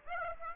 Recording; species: mosquito wingbeat signal from an infrared sensor; Aedes aegypti